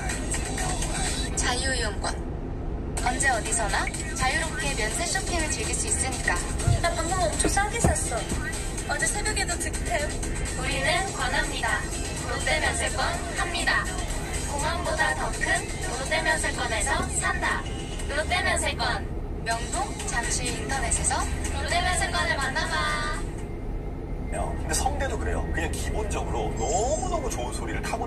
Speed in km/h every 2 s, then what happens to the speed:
0, 0, 0, 0, 0, 0, 0, 0, 0, 0, 0, 0, 0, 0.
0-28 standing.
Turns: none.